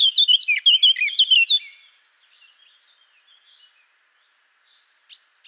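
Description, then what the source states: Eurasian blackcap song: a rich, fast fluting warble of clear whistled notes for about two seconds, then faint chatter, and a brief high note near the end. Recorded 17 June 2014 in Garching.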